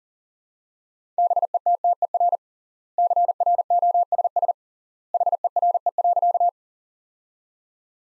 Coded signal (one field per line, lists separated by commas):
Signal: Morse code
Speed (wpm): 38 wpm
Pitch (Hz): 700 Hz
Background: none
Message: BETTER CROSS HERE.